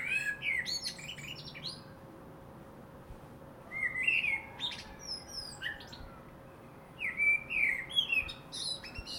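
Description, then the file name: Common blackbird with flowing, whistled phrases that break into high, jumbled squeaks; three phrases spread throughout, quiet gaps between. "Turdus merula"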